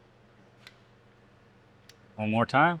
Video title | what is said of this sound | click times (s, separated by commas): Honda Civic 2022–2025 Oil Change - Quick & Easy DIY | gently till it clicks. | 0.7 s, 1.9 s